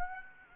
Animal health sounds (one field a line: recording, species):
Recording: mosquito wingbeat signal from an infrared sensor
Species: Aedes aegypti